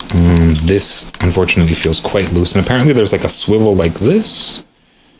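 Someone talks while handling the plastic head of a Papalook UHD 2K PA552 webcam, swiveling it on its mount, which feels quite loose. The speech runs to about 4.6 s and then drops to near silence. Nothing has seated or clicked into the mount's detent yet.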